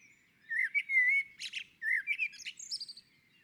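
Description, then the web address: Common blackbird giving a flowing whistled phrase with slurred fluty notes and scratchy high twitters, followed by a second short melodic phrase. On a roof. "Naturinspelningar Koltrast på taket"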